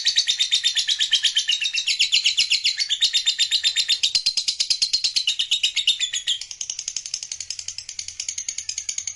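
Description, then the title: Lovebird song, an unbroken stream of rapid high chirps and rasping twitters that softens slightly toward the end. Lovebird singing with spontaneous excitement, meant to rouse a lazy, quiet lovebird into song. "LOVEBIRD Malas Bunyi JADI GREGET SPONTAN Langsung NARIK"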